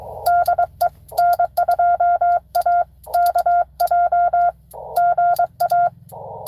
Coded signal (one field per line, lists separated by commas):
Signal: Morse code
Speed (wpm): 22 wpm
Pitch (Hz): 700 Hz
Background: none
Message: DE N2AKJ GA